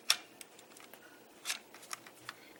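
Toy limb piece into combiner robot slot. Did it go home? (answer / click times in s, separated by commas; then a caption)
no / none. A plastic toy limb piece is slid into its mounting slot on a ToyWorld Throttlebot combiner robot, making a sharp plastic tick at 0.1 s, a scraping burst around 1.5 s, and faint ticks near 0.4, 1.9 and 2.3 s. The part slides in and stays put without locking; nothing has seated or clicked yet.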